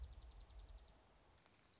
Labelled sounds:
Dark-eyed Junco

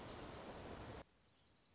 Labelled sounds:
Dark-eyed Junco

